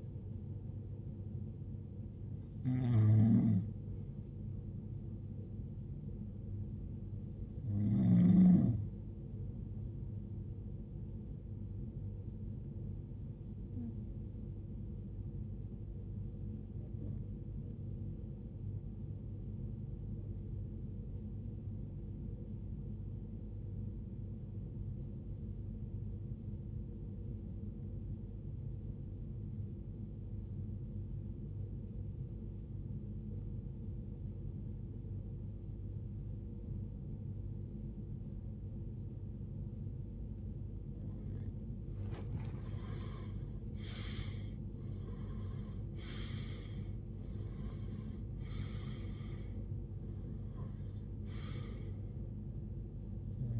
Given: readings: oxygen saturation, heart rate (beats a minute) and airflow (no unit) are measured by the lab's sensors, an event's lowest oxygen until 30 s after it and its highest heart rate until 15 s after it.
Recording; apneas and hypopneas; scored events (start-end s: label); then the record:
breathing in sleep by a smartphone at the bedside; 1
18.00-43.00 s: hypopnea (N1, oxygen 96% highest, then 91% lowest, heart rate 68 at the start, 76 highest)
23.00-53.60 s: new sleep stage, REM sleep
From the record:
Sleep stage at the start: N1 (lightest sleep); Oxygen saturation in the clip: 87 to 96%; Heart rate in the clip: 46 to 82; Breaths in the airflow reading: 14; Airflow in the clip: -18.5 to 18.0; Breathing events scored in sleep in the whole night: 389 in 6.3 hours asleep